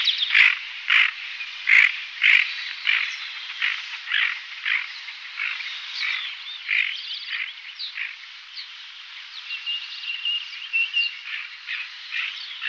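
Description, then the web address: Tufted duck calls, rough croaking notes in quick irregular series, loudest in the first few seconds then softer, over a steady background of chattering sound. "Faglar Sound Vigg"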